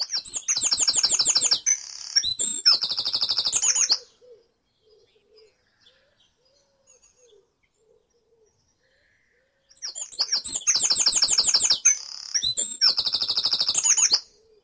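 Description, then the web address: Birdsong in dawn chorus: bursts of rapid, high trilled and chirping notes for about four seconds, a long quiet gap of nearly six seconds with faint low notes, then the bright song returns for about five seconds. Dawn chorus in Mold, North Wales. "beanstalk-audio Dawn Chorus in Mold North Wales"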